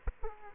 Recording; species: mosquito wingbeat signal from an infrared sensor; Culex quinquefasciatus